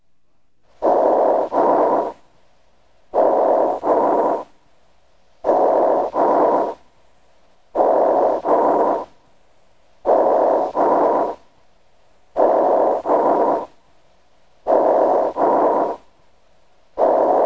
Breath sounds are heard over an area of severe fibrosis. Because the bronchi are patent, the sounds have a hollow or tubular quality. They are audible throughout inspiration and expiration. These bronchial breath sounds are high-pitched and are heard equally well with either the diaphragm or bell of the stethoscope. Bronchial breath sounds heard over a fibrotic area sound like this.